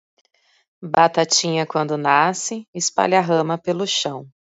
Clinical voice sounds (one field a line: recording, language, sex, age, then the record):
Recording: short text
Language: Brazilian Portuguese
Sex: female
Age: 30 to 39 years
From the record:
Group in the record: control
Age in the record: 38 years